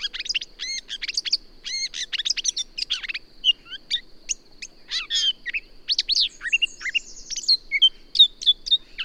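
Bird song opening with rapid repeated chirps and stacked notes, followed by varied whistles and trills in an uneven, busy flow.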